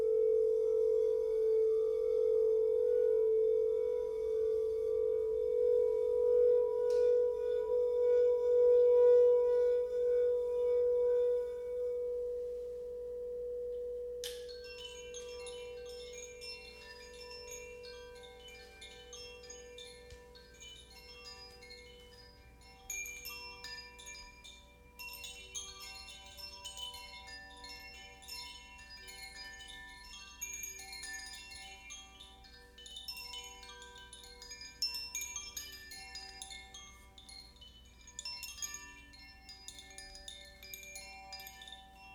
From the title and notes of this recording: Singing Bowl Sound Therapy With … (…). Let us relax with the sounds of singing bowls in a short sample soundbath session.